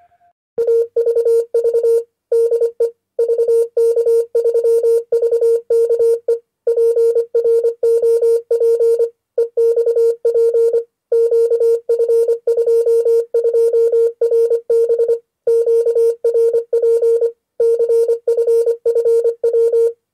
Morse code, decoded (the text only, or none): AVV DE VK3VKE PROP EXP QF22RB QRP CFFW